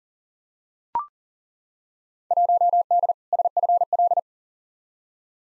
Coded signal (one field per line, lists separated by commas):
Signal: Morse code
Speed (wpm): 40 wpm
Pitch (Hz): 700 Hz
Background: none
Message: 1D SFL